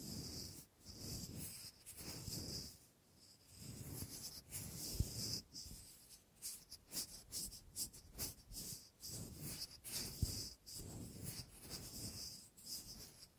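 Wooden tapping and rubbing sounds come in quick, irregular bursts, with soft scraping between them. A thin, steady hiss hangs high above throughout, and the low, muffled knocks and scrapes swell and fade every second or so, with a few brief quiet gaps.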